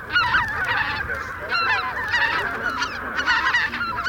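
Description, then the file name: Greater white-fronted goose flock calls, a dense overlapping chorus of high yelping honks from many birds, continuous throughout with no pauses. A gathering of greater white-fronted geese calling; recording made for an electronic hunting caller. "Белолобый базар"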